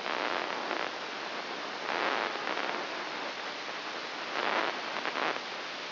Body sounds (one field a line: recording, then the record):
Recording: brain microelectrode recording played as sound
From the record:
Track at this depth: inside the subthalamic nucleus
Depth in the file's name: 3.602 mm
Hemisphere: right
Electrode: 3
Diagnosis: Parkinson's disease